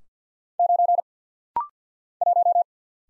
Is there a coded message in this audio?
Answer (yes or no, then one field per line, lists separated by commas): yes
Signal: Morse code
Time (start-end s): 0.6-2.6 s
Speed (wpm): 50 wpm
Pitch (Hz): 700 Hz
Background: none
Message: 9 1